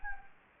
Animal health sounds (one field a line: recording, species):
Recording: mosquito wingbeat signal from an infrared sensor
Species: Anopheles gambiae